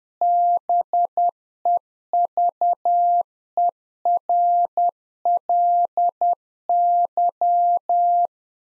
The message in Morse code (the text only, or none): BEVERLY